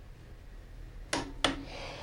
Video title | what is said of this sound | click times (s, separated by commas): Reinstalling the Softtail's Primary Chain | So we hear that thing click. | 1.4 s